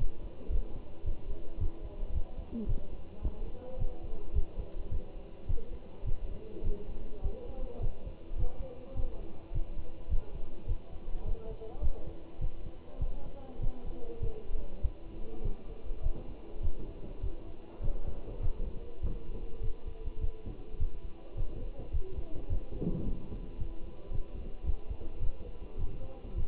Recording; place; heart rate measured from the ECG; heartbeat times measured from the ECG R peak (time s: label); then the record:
heart sounds by stethoscope; between the tricuspid and mitral areas; 104 bpm
0.51 s: heartbeat
1.05 s: heartbeat
1.60 s: heartbeat
2.14 s: heartbeat
2.68 s: heartbeat
3.23 s: heartbeat
3.79 s: heartbeat
4.35 s: heartbeat
4.91 s: heartbeat
5.48 s: heartbeat
6.06 s: heartbeat
6.64 s: heartbeat
7.24 s: heartbeat
7.82 s: heartbeat
8.39 s: heartbeat
8.96 s: heartbeat
9.54 s: heartbeat
10.10 s: heartbeat
10.68 s: heartbeat
11.26 s: heartbeat
11.83 s: heartbeat
12.41 s: heartbeat
13.01 s: heartbeat
13.62 s: heartbeat
14.22 s: heartbeat
14.83 s: heartbeat
15.44 s: heartbeat
16.03 s: heartbeat
16.63 s: heartbeat
17.23 s: heartbeat
17.83 s: heartbeat
18.42 s: heartbeat
19.02 s: heartbeat
19.62 s: heartbeat
20.21 s: heartbeat
20.80 s: heartbeat
21.37 s: heartbeat
21.93 s: heartbeat
22.49 s: heartbeat
23.05 s: heartbeat
23.59 s: heartbeat
24.12 s: heartbeat
24.66 s: heartbeat
25.21 s: heartbeat
25.78 s: heartbeat
26.37 s: heartbeat
From the record:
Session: Bruce protocol treadmill stress test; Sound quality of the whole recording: good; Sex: male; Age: 25 years